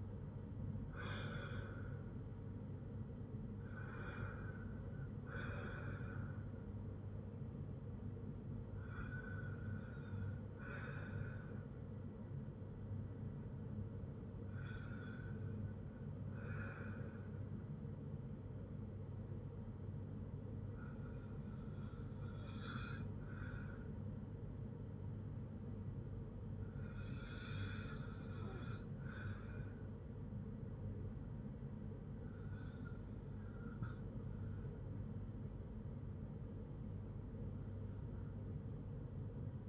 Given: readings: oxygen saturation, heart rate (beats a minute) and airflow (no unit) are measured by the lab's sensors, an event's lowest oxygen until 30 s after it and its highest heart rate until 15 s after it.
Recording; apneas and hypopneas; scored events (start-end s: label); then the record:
breathing in sleep by a smartphone at the bedside; none
none scored
From the record:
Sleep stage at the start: REM sleep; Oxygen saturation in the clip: 90 to 97%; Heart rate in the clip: 60 to 71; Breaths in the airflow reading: 7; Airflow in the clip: -8.1 to 6.0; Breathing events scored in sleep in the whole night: 182 in 7.4 hours asleep